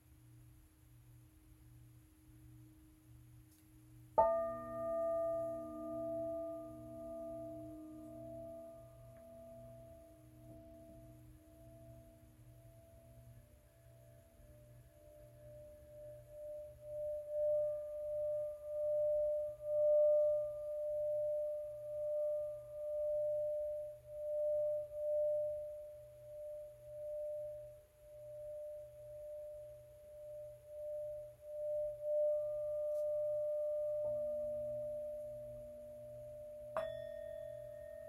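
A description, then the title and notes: A singing bowl is struck near four seconds and rings long and pure, its tone wavering and pulsing, with another strike near thirty-seven seconds. 222 Hz - 747 Hz. Singing Bowls.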